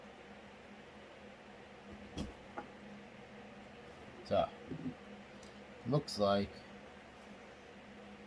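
A plastic/resin piece of a Vecna Deluxe collectible statue is handled as it is being fitted toward its mating socket in the statue base/body during assembly, with faint taps near 2.2 s and 2.6 s over a steady low hiss. Someone talks briefly around 4.3 s and again near 6.0 to 6.5 s. Nothing has seated or clicked yet; the piece is not yet home when the clip ends.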